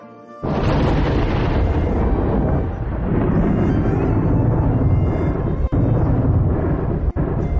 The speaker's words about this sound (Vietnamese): Sấm sét đánh kịch liệt